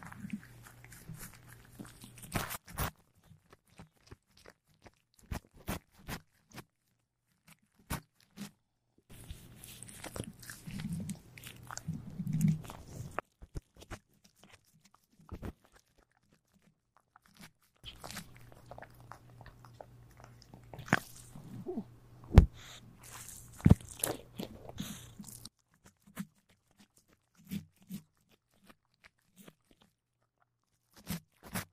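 Quiet sounds of cats eating: sharp crunches and bites come in irregular bursts across the clip, densest around 0–3, 9–13 and 18–25 seconds. Between bursts a low steady hum, likely purring, sits underneath, with near-silent pauses in between.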